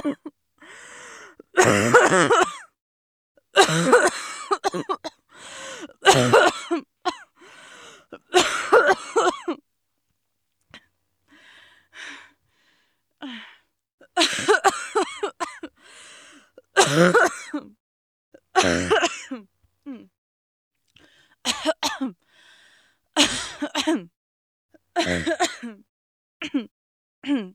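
Repeated harsh cough bursts come in irregular clusters of two or three over about half a minute, with about ten strong coughs and quieter throat-clearing and rasping sounds between them. This is an acted adult female cough, a sound effect.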